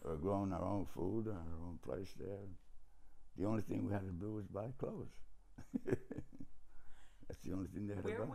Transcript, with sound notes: We were growing our own food on our own place there. The only thing we had to do was buy clothes. [chuckles] That's the only thing they had to buy.